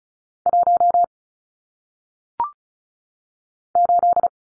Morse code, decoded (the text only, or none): 1 8